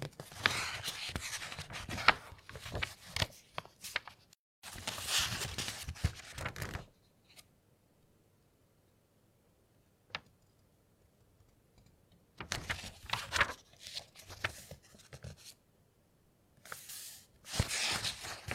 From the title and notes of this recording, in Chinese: 书籍慢速翻页。